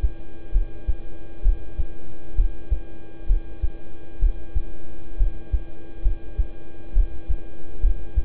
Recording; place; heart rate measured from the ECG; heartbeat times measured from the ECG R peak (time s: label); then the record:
heart sounds by stethoscope; between the tricuspid and mitral areas; 66 bpm
0.52 s: heartbeat
1.42 s: heartbeat
2.35 s: heartbeat
3.26 s: heartbeat
4.19 s: heartbeat
5.17 s: heartbeat
6.02 s: heartbeat
6.93 s: heartbeat
7.80 s: heartbeat
From the record:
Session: rest, lying down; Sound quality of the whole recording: good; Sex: male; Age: 26 years